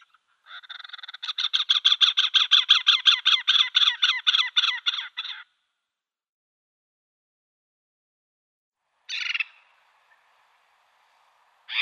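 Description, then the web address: Great spotted cuckoo with a long, rapid rattle of harsh repeated notes for about five seconds, followed after a pause by two short raspy bursts. "Schulze Peter Great Spotted Cuckoo calls"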